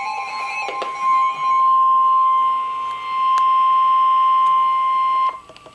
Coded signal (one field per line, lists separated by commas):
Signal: Emergency Alert System (SAME) tones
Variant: 1050 Hz attention tone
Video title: Flash Flood Warning (EAS #1,026)